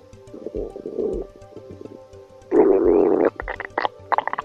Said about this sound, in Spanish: ¿Por qué ruge el estómago cuando tenemos hambre? ¿Qué vergüenza se pasa cuando estamos en un lugar silencioso y rodeado de gente y de repente nuestro estómago empieza a rugir?